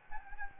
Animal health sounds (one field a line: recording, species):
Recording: mosquito wingbeat signal from an infrared sensor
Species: Anopheles gambiae